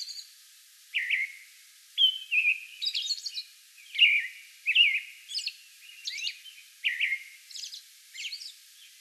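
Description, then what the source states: American robin song, a fast series of slurred caroling phrases interspersed with high, scratchy notes. Song bout recorded on May 11.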